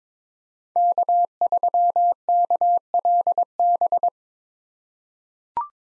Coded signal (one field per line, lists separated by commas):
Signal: Morse code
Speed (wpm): 22 wpm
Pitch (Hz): 700 Hz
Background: none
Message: K3KLB